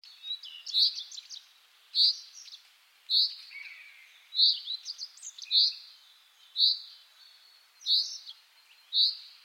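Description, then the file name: Common chaffinch giving sharp, metallic single call notes, repeated about every second, with faint softer chirps between them. "Fringilla coelebs"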